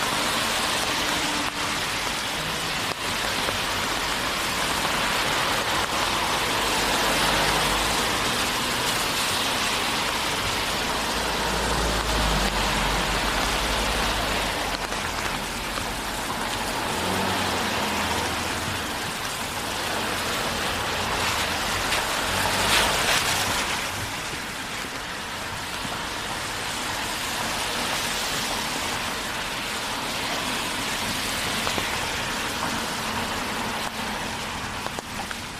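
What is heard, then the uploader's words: Steady rain falls in a dense, even hiss throughout the walk, bright, with a faint patter on surfaces. A low rumble swells around ten to fifteen seconds like a passing vehicle, and the rain briefly grows louder and sharper near twenty-three seconds. Long Walk In The Rain Around The Neighborhood.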